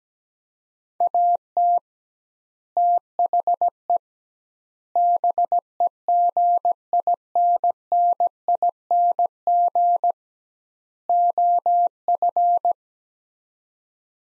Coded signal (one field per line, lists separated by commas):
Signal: Morse code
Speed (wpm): 17 wpm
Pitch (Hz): 700 Hz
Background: none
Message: AT THE BEGINNING OF